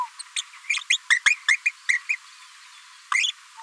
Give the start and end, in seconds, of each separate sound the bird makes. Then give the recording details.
0.19-0.22, 0.36-0.41, 0.69-0.79, 0.90-0.97, 1.10-1.19, 1.26-1.34, 1.48-1.56, 1.66-1.71, 1.89-1.98, 2.09-2.16, 3.14-3.31. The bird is a female. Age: 27 days. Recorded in a nest box in Venezuela. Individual 17B73B2